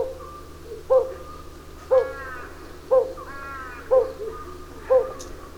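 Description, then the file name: Pallid scops owl delivering regular deep single hoots about one per second, interspersed with a few raspy calls from another bird. Recorded at Takhirkol on 13 April 2011. "110413 pallscoowl takhirkol"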